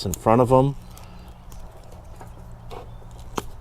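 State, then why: Released. A factory plastic connector pair on the engine harness of a 2020 Chevy Duramax is unplugged during a performance module install. Someone talks briefly at the start, followed by soft handling noises, then a sharp release click at 3.4 s as the connector unlatches and the halves come apart easily.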